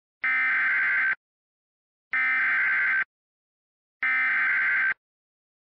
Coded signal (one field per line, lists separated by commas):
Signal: Emergency Alert System (SAME) tones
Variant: header bursts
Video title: EAS - Musical Nightmare Storm